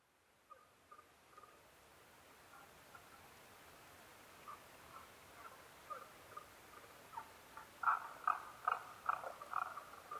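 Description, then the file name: Tago's brown frog calls, short knocking notes starting faint and growing louder, a quick run of strong repeated notes near the end. Recorded 15 May 2011 at 02:19. "tagogaeru-20110515-0219"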